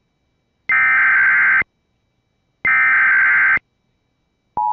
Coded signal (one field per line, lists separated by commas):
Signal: Emergency Alert System (SAME) tones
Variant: header bursts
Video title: MY FIRST TORNADO WARNING I HAVE RECORDED (EAS #11)